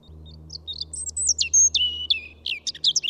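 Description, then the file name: European robin song, a continuous varied phrase of high thin whistles, sliding notes and fast tinkling trills, with a low steady hum underneath. "Pettirosso"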